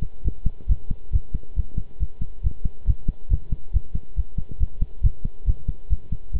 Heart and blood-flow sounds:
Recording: heart sounds by stethoscope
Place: between the tricuspid and mitral areas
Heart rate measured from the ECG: 138 bpm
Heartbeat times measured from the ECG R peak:
0.24 s: heartbeat
0.69 s: heartbeat
1.13 s: heartbeat
1.56 s: heartbeat
2.00 s: heartbeat
2.43 s: heartbeat
2.87 s: heartbeat
3.30 s: heartbeat
3.73 s: heartbeat
4.16 s: heartbeat
4.60 s: heartbeat
5.03 s: heartbeat
5.47 s: heartbeat
5.90 s: heartbeat
6.33 s: heartbeat
From the record:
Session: pedaling a stationary bicycle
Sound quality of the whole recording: good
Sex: male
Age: 23 years

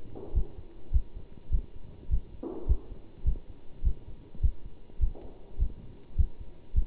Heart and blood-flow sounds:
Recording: heart sounds by stethoscope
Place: between the tricuspid and mitral areas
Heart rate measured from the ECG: 103 bpm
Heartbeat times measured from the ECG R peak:
0.34 s: heartbeat
0.92 s: heartbeat
1.51 s: heartbeat
2.10 s: heartbeat
2.67 s: heartbeat
3.25 s: heartbeat
3.83 s: heartbeat
4.41 s: heartbeat
5.00 s: heartbeat
5.59 s: heartbeat
6.17 s: heartbeat
6.75 s: heartbeat
From the record:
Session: bicycle stress test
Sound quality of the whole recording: good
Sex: male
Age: 27 years

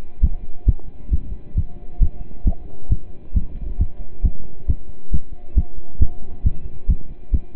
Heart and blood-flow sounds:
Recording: heart sounds by stethoscope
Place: between the tricuspid and mitral areas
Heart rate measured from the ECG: 135 bpm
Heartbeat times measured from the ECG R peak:
0.22 s: heartbeat
0.67 s: heartbeat
1.11 s: heartbeat
1.56 s: heartbeat
2.00 s: heartbeat
2.45 s: heartbeat
2.90 s: heartbeat
3.34 s: heartbeat
3.79 s: heartbeat
4.23 s: heartbeat
4.68 s: heartbeat
5.12 s: heartbeat
5.56 s: heartbeat
6.00 s: heartbeat
6.44 s: heartbeat
6.88 s: heartbeat
7.33 s: heartbeat
From the record:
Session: pedaling a stationary bicycle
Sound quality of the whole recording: partially saturated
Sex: male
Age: 27 years

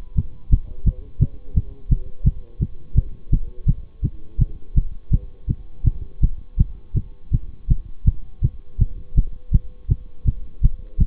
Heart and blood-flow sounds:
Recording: heart sounds by stethoscope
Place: between the tricuspid and mitral areas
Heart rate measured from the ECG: 166 bpm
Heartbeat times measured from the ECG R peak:
0.16 s: heartbeat
0.50 s: heartbeat
0.85 s: heartbeat
1.20 s: heartbeat
1.54 s: heartbeat
1.89 s: heartbeat
2.24 s: heartbeat
2.60 s: heartbeat
2.95 s: heartbeat
3.30 s: heartbeat
3.66 s: heartbeat
4.02 s: heartbeat
4.38 s: heartbeat
4.75 s: heartbeat
5.11 s: heartbeat
5.48 s: heartbeat
5.84 s: heartbeat
6.21 s: heartbeat
6.57 s: heartbeat
6.94 s: heartbeat
7.31 s: heartbeat
7.68 s: heartbeat
8.05 s: heartbeat
8.42 s: heartbeat
8.79 s: heartbeat
9.15 s: heartbeat
9.52 s: heartbeat
9.88 s: heartbeat
10.25 s: heartbeat
10.61 s: heartbeat
10.98 s: heartbeat
From the record:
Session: bicycle stress test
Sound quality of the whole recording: good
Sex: male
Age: 26 years

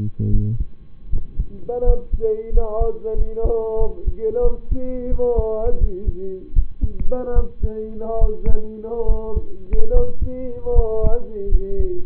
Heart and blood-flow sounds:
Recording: heart sounds by stethoscope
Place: between the tricuspid and mitral areas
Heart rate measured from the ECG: 80 bpm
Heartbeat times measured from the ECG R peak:
0.30 s: heartbeat
1.09 s: heartbeat
1.83 s: heartbeat
2.50 s: heartbeat
3.14 s: heartbeat
3.77 s: heartbeat
4.41 s: heartbeat
5.08 s: heartbeat
5.77 s: heartbeat
6.53 s: heartbeat
7.33 s: heartbeat
8.18 s: heartbeat
9.05 s: heartbeat
9.90 s: heartbeat
10.72 s: heartbeat
11.48 s: heartbeat
From the record:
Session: rest, lying down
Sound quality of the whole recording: partially saturated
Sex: male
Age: 25 years

